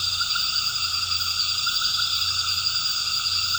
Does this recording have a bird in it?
no